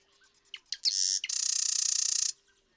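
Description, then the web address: Marsh Wren song: a few sharp introductory notes and a short buzz, followed by a fast, even, rattling trill lasting about a second. "birdsongforthecurious Marsh Wren"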